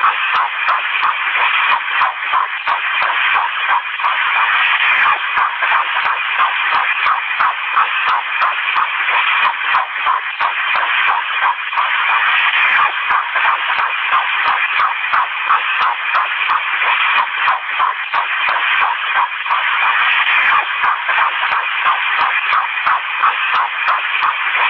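Rapid, steady whooshing pulses over hiss: a fetal heartbeat picked up by Doppler ultrasound.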